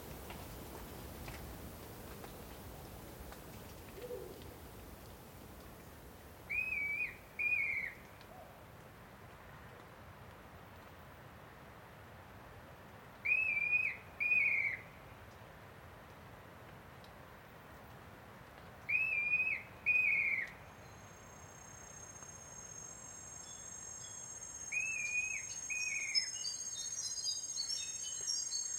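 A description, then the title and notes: Montane rainforest ambience with a steady low hush, broken about every six seconds by a bright, clear paired bird whistle. MAFX016 African Cloud Forest demo. Immersive ambiences recorded in Ethiopia's montane rainforests.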